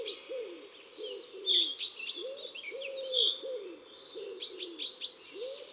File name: Mesange noire Chants doiseaux des bois et des forets